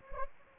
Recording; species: mosquito wingbeat signal from an infrared sensor; Anopheles gambiae